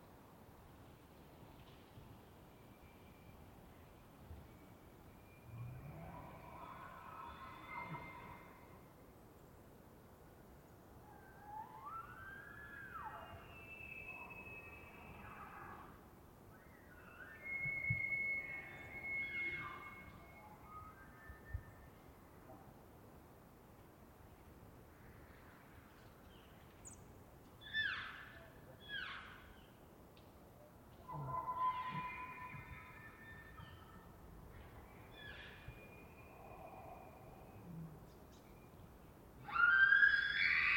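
Elk bulls call repeatedly, with rising whistling bugles and rough roars at varied distances, the loudest scream near the end over a low rumble.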